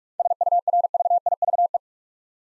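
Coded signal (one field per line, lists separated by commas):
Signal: Morse code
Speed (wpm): 46 wpm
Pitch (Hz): 700 Hz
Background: none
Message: SURVIVE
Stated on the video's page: Seven-letter words sent at 45 wpm for head-copy practice, each word sent twice.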